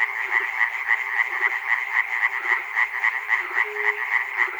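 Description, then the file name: Frogs croaking in chorus, a rapid throbbing rattle repeated several times a second, plus one short hum near the end. Recorded at Chernobyl. "peter cusack-chernobyl frogs"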